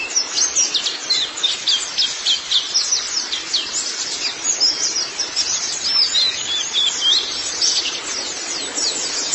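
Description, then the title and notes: White-eye song: dense, continuous high twittering of quick thin chirps and short slurred notes, pouring on without pause, with a faint hiss beneath. "Kicauan Burung Pleci Durasi Panjang. Suara kicauan burung pleci"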